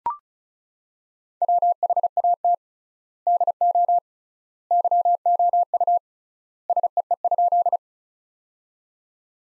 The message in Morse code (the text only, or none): WHAT DO YOU SEE?